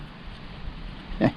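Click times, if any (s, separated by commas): none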